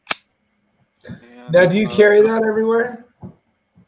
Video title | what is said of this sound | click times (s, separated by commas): I am going off the rails of aTeam train wreck | pretty nice it comes with this pilot cheese has a nice you know an audible click to it now | 0.1 s